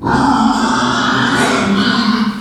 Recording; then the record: squeal of a Yucatan mini pig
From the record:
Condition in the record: after surgery on the right vocal fold (resection and tissue-engineered implant); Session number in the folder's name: 16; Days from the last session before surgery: 183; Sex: female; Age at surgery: 19 weeks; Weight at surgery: 25 kg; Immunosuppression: prednisolone